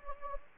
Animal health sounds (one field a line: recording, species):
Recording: mosquito wingbeat signal from an infrared sensor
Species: Anopheles gambiae